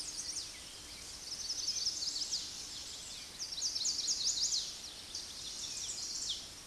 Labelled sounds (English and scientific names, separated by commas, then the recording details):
Chestnut-sided Warbler (Setophaga pensylvanica) song
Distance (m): 30 m
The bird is about 5 m above the microphone
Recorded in a Pennsylvania forest on 16 May 2024 at 06:57
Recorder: AudioMoth, point MSD-1360
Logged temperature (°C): 14.8 °C
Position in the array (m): 171 m, 176 m